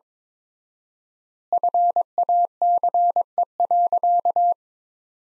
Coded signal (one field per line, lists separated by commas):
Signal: Morse code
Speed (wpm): 21 wpm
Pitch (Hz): 700 Hz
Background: none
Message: FACE.